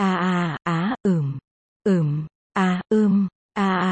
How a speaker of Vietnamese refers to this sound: Tiếng rên rỉ và thở dốc làm người khác phải đỏ mặt. Vừa hỗn loạn lại vừa có tiết tấu. Cứ như vậy đã vang vọng khắp phòng.